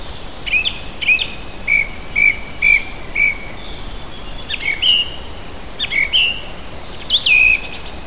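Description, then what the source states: Songbird phrases of sweet whistled notes, a run of similar short notes then rising and falling slurs, ending in a brighter flourish, with light background noise. Native bird recorded in June, hedgerow habitat.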